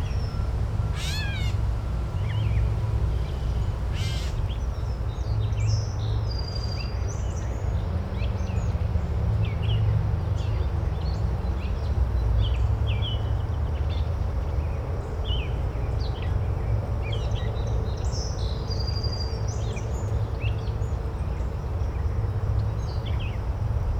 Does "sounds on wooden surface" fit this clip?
no